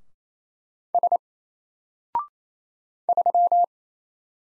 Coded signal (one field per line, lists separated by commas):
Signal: Morse code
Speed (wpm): 27 wpm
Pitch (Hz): 700 Hz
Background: none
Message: S 3